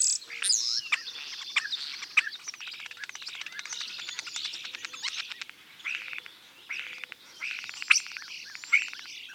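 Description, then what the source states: Starling calling steadily with rapid clicking rattles, wheezy whistles and harsh squeaks, the clicks coming in quick trains. Constant calling.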